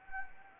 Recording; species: mosquito wingbeat signal from an infrared sensor; Anopheles gambiae